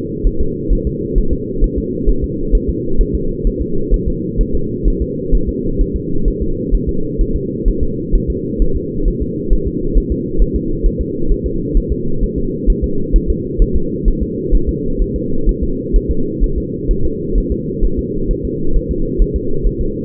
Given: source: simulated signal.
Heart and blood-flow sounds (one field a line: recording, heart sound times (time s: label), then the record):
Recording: fetal heart sounds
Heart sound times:
0.27 s: S1
0.41 s: S2
0.73 s: S1
0.87 s: S2
1.18 s: S1
1.33 s: S2
1.64 s: S1
1.78 s: S2
2.09 s: S1
2.24 s: S2
2.55 s: S1
2.69 s: S2
3.01 s: S1
3.15 s: S2
3.47 s: S1
3.62 s: S2
3.94 s: S1
4.08 s: S2
4.41 s: S1
4.55 s: S2
4.88 s: S1
5.02 s: S2
5.35 s: S1
5.49 s: S2
5.81 s: S1
5.96 s: S2
6.28 s: S1
6.42 s: S2
6.75 s: S1
6.89 s: S2
7.21 s: S1
7.36 s: S2
7.68 s: S1
7.83 s: S2
8.15 s: S1
8.30 s: S2
8.62 s: S1
8.76 s: S2
9.08 s: S1
9.22 s: S2
9.53 s: S1
9.67 s: S2
9.97 s: S1
10.12 s: S2
10.42 s: S1
10.56 s: S2
10.86 s: S1
11.01 s: S2
11.32 s: S1
11.46 s: S2
11.77 s: S1
11.92 s: S2
12.23 s: S1
12.38 s: S2
12.70 s: S1
12.84 s: S2
13.16 s: S1
13.30 s: S2
13.62 s: S1
13.76 s: S2
14.08 s: S1
14.22 s: S2
14.55 s: S1
14.69 s: S2
15.02 s: S1
15.16 s: S2
15.49 s: S1
15.63 s: S2
15.96 s: S1
16.11 s: S2
16.44 s: S1
16.58 s: S2
16.91 s: S1
17.05 s: S2
17.38 s: S1
17.52 s: S2
17.84 s: S1
17.99 s: S2
18.31 s: S1
18.45 s: S2
18.76 s: S1
18.91 s: S2
19.22 s: S1
19.36 s: S2
19.67 s: S1
19.81 s: S2
From the record:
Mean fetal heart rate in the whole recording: 130 bpm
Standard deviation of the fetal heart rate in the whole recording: 2 bpm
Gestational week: 38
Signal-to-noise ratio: -8.1 dB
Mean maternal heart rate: 72 bpm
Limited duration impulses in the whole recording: absent